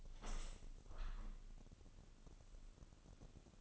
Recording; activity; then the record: daily activity, microphone in the room; open window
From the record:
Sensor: 4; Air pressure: 1001.2 hPa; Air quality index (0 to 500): 176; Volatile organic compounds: 2 ppm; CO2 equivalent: 1258 ppm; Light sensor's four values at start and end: 12/28/11/12 and 12/28/11/12